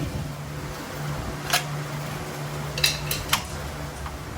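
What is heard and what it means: A popped-out parking brake shoe spring retainer on the brake shoe and backing plate of a 1999–2010 Chevy Silverado or GMC Sierra is worked back into place over a steady low hum. A cluster of sharp metallic clicks follows, and the retainer seats at 2.8 s, with more clicks at 3.1 and 3.3 s.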